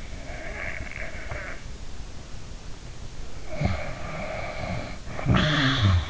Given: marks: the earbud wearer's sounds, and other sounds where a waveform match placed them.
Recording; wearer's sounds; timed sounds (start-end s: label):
sounds in sleep by an in-ear microphone; snoring breath
0.13-1.59 s: snoring breath
3.41-6.10 s: snoring breath